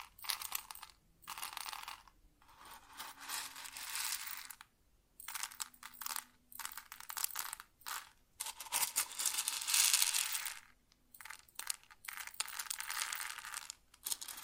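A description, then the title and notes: Grain pours and rustles in bright, gritty bursts, stopping briefly every second or two before surging again, with a faint low hum underneath. ASMR Grain Sounds (No Talking).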